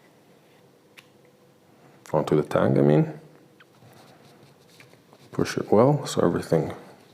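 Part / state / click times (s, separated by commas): wooden sword grip on the blade tang against the hilt / not seated / none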